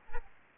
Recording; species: mosquito wingbeat signal from an infrared sensor; Aedes aegypti